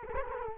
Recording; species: mosquito wingbeat signal from an infrared sensor; Culex quinquefasciatus